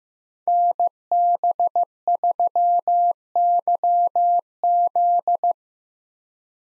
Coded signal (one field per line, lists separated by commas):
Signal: Morse code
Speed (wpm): 15 wpm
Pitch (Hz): 700 Hz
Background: none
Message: NB3YZ